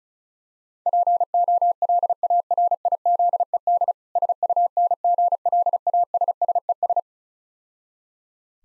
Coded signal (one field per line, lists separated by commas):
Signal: Morse code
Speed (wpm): 35 wpm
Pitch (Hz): 700 Hz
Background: none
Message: POLARIZED SUNGLASSES